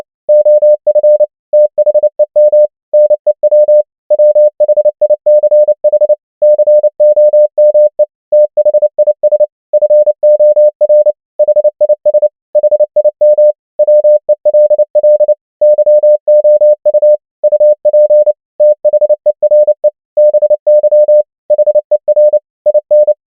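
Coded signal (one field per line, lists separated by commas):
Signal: Morse code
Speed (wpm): 29 wpm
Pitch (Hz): 600 Hz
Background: none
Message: OF THEM NEW WHICH COME THIS FOR HIS HIM WELL YOU UP THERE BY HER IN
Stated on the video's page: Morse practice of common English words at 29 wpm.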